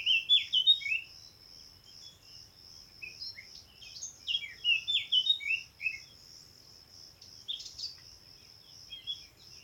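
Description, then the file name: Eurasian blackcap uttering scattered bursts of short, varied chattering notes, with a constant high thin buzz running underneath throughout. "Sylvia atricapilla"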